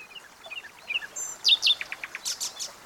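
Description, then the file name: Common nightingale song: soft varied whistles give way to loud sharp chirps and a quick series of descending high notes over quiet background hiss. "Luscinia megarhynchos"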